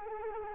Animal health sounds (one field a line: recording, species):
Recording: mosquito wingbeat signal from an infrared sensor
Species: Culex quinquefasciatus